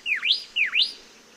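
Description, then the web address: Pyrrhuloxia giving two quick slurred whistles that swoop down and then back up, about half a second apart. "Songs of Birds of North America Know Your Bird Sounds. Pyrrhuloxia"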